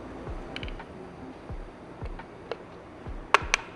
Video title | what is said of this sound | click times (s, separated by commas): Finishing a REAL GOLD Table base | make sure you lock that tight. I can't tell you how many times I didn't hear the double click and then I | 3.3 s, 3.5 s